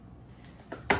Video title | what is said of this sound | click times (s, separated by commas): 8-in-1 Nut Milk Maker Review - Almond, Oat, Soy & Coconut Milk at Home 🍶✨ | So as you can see, it locks in place on the back. | 0.9 s